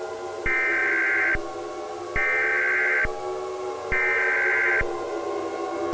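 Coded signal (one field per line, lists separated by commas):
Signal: Emergency Alert System (SAME) tones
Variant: header bursts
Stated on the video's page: Fictional practice alert for imaginary cities, not a real broadcast.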